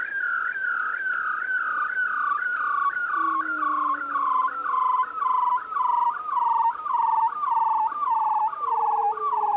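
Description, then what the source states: Bearded seal trilling: a wavering, pulsed tone that slowly drops in pitch, with fainter lower gliding whistles overlapping midway and again near the end. Unaltered recording played back in an interview.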